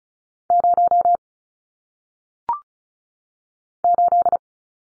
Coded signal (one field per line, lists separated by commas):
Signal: Morse code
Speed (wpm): 36 wpm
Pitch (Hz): 700 Hz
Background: none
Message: 0 8